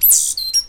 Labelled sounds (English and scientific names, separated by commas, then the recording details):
Stitchbird (Notiomystis cincta) song
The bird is a male
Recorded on Tiritiri Matangi Island, New Zealand, in 2005
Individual 8, of nest box 10